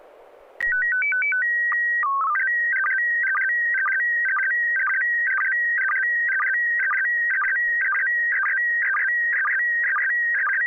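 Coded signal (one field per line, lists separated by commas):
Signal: SSTV (slow-scan television)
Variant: PD 120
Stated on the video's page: Weekly SSTV net on an FM repeater on 441.300 MHz in Sacramento, California.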